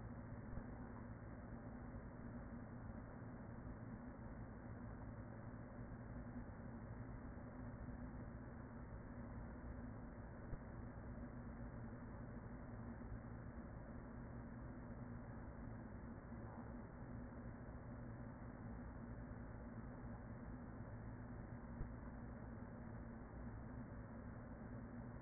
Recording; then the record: honeybee colony, microphone inside the hive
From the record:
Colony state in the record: queen present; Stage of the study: after two queens were removed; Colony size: about 40,000 bees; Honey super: no